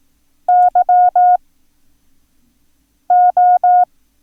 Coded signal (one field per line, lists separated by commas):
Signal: Morse code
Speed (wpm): 18 wpm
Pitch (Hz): 720 Hz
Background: none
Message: YO